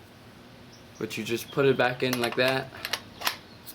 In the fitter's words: it locks back in place just with that satisfying satisfying click